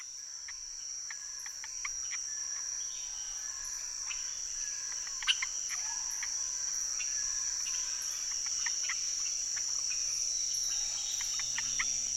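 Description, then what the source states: Amphibian chorus of rapid, irregular clicks scattered throughout, set against a continuous high-pitched insect drone. Hundreds to thousands of amphibians calling from the ground as rain approaches, Saül, French Guiana, 16 November 2006; Nagra Ares BB+ recorder, cardioid MKH40 microphones.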